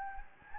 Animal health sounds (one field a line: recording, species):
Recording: mosquito wingbeat signal from an infrared sensor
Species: Anopheles gambiae